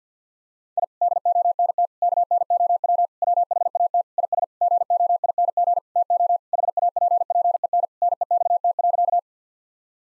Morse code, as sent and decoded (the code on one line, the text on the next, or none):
.. / -.. --- -. - / -.- -. --- .-- / .-- .... .- - / .. ... / --. --- .. -. --. / - --- / .... .- .--. .--. . -. / -. . -..- - .-.-.-
I DONT KNOW WHAT IS GOING TO HAPPEN NEXT.